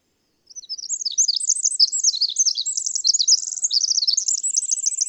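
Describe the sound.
Bird song: rapid, high-pitched twittering phrases of chirps and short trills running without pause throughout in otherwise quiet surroundings.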